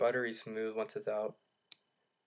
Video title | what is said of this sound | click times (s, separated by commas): Buck Tom Mayo Waimea | Has a nice little click just like the Sabenza. | 1.7 s